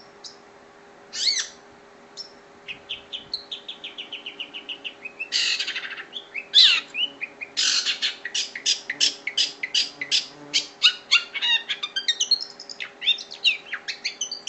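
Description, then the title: Oriental magpie-robin pouring out fast repeated chirps, sweeping whistles and rattling notes that grow denser toward the end, with low steady hum. "Kicau Kacer"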